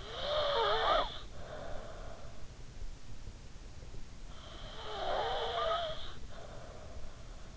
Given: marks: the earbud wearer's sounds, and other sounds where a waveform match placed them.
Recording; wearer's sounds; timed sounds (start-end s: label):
sounds in sleep by an in-ear microphone; snoring breath
0.00-2.37 s: snoring breath
4.74-7.12 s: snoring breath